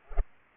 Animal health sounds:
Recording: mosquito wingbeat signal from an infrared sensor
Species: Culex pipiens

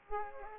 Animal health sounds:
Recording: mosquito wingbeat signal from an infrared sensor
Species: Aedes aegypti

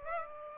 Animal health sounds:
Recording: mosquito wingbeat signal from an infrared sensor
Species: Aedes aegypti

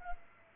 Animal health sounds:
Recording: mosquito wingbeat signal from an infrared sensor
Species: Culex pipiens

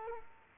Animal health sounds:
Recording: mosquito wingbeat signal from an infrared sensor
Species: Culex quinquefasciatus

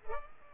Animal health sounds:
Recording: mosquito wingbeat signal from an infrared sensor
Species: Culex pipiens

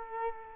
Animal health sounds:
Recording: mosquito wingbeat signal from an infrared sensor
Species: Culex quinquefasciatus

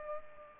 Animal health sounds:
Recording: mosquito wingbeat signal from an infrared sensor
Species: Culex pipiens

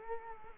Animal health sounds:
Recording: mosquito wingbeat signal from an infrared sensor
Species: Culex quinquefasciatus

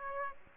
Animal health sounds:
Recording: mosquito wingbeat signal from an infrared sensor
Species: Aedes aegypti

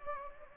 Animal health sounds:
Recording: mosquito wingbeat signal from an infrared sensor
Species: Anopheles gambiae

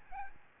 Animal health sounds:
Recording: mosquito wingbeat signal from an infrared sensor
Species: Aedes albopictus

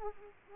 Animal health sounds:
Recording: mosquito wingbeat signal from an infrared sensor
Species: Aedes aegypti

